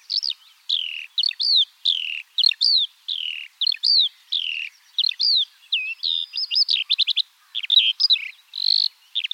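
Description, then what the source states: Eurasian skylark song, continuous and high-pitched, with quick slurred whistles, chirrups and short rattling trills pouring out almost without a break. In flight.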